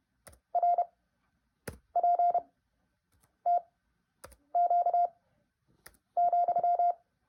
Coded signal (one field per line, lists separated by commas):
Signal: Morse code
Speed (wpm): 32 wpm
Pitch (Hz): 700 Hz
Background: none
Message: RPTQ,